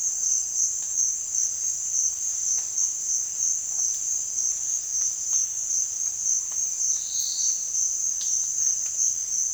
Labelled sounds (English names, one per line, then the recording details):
none
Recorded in dense forest near Puerto Asís, Putumayo, Colombia, on 29 June 2025 at 15:30
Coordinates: 0.466, -76.327
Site GP04